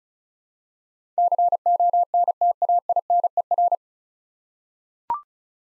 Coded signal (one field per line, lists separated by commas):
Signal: Morse code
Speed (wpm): 36 wpm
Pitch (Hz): 700 Hz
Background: none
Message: CONTAINER